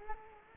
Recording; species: mosquito wingbeat signal from an infrared sensor; Culex quinquefasciatus